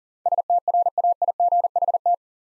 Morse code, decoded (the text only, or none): STRAIGHT